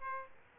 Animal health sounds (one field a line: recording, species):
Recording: mosquito wingbeat signal from an infrared sensor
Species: Aedes aegypti